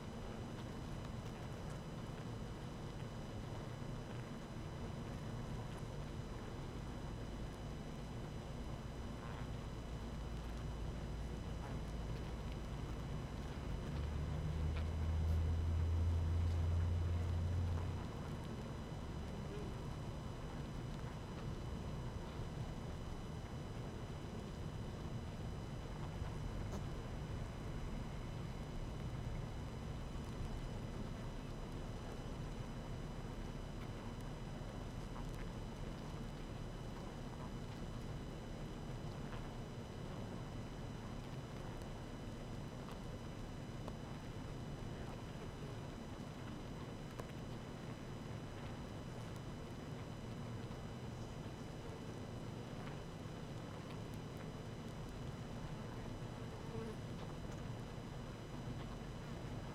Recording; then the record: honeybee colony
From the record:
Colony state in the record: active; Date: 12 June 2018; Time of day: 18:21